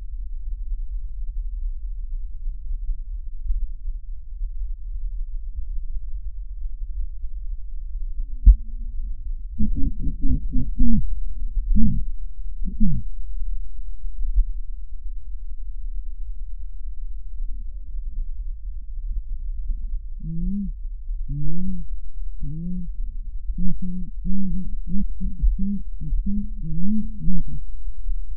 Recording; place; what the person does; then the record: lung sounds by stethoscope; left anterior apical chest; quiet breathing, then cough and speech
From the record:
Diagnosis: pulmonary infection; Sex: female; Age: 74 years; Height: 160 cm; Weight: 66 kg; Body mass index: 25.8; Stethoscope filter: bell mode